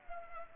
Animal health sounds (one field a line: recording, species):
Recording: mosquito wingbeat signal from an infrared sensor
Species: Culex pipiens